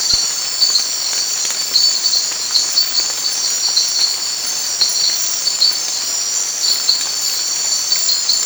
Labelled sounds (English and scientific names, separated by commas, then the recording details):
none
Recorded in secondary vegetation near Puerto Asís, Putumayo, Colombia, on 19 March 2025 at 22:30
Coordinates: 0.499, -76.323
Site G094